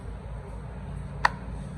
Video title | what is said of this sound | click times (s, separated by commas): Some much needed JEEP maintenance!! | hear it snap in and it don't go nowhere | 1.2 s